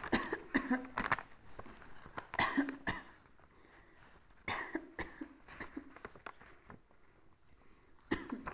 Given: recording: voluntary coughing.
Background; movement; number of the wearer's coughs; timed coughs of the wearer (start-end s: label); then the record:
quiet; sitting; 8
0.10-0.39 s: cough
0.52-0.90 s: cough
0.95-1.28 s: cough
2.36-2.84 s: cough
2.84-3.19 s: cough
4.45-4.89 s: cough
4.98-5.39 s: cough
8.09-8.44 s: cough
From the record:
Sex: female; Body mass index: 25.5 kg/m2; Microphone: on the chest, facing outward